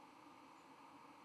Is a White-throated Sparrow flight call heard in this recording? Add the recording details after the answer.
no. Another species' flight call is heard. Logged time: 09:00 on 31 October 2014